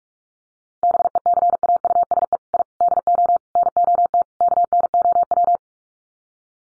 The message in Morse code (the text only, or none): BECAUSE I DO NOT KNOW